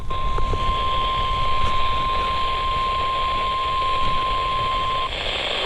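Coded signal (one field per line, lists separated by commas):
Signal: Emergency Alert System (SAME) tones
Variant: 1050 Hz attention tone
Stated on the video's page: Weekly tests received on a weather radio.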